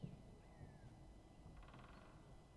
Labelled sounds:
Great Spotted Woodpecker (Dendrocopos major)
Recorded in Germany
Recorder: ecoPi

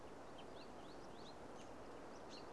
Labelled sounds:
Great Tit (Parus major)
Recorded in Germany
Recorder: ecoPi

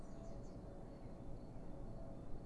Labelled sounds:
Great Tit (Parus major)
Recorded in Germany
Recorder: ecoPi

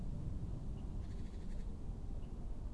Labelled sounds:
Great Tit (Parus major)
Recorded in Germany
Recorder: ecoPi

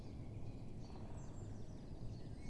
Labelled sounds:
Great Spotted Woodpecker (Dendrocopos major)
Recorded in Germany
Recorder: ecoPi

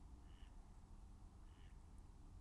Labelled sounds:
Mallard (Anas platyrhynchos)
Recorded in Germany
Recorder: ecoPi

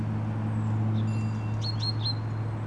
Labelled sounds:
Great Tit (Parus major)
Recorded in Germany
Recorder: ecoPi

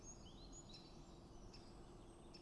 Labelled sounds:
Great Spotted Woodpecker (Dendrocopos major)
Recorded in Germany
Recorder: ecoPi

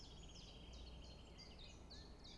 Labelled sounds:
Common Chiffchaff (Phylloscopus collybita)
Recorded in Germany
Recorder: ecoPi

